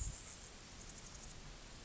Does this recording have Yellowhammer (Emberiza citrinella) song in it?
no